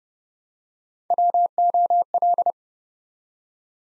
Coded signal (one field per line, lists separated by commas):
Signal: Morse code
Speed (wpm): 30 wpm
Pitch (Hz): 700 Hz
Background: none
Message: WOL